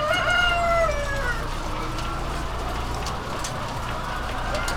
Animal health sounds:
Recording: poultry house recording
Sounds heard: healthy chickens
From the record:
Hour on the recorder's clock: 21

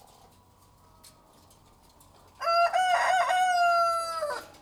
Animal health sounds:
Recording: poultry house recording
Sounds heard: sick chickens (respiratory disease)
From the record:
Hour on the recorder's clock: 12

